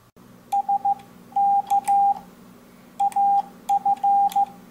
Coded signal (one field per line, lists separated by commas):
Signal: Morse code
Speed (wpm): 15 wpm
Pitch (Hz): 800 Hz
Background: none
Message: SK AF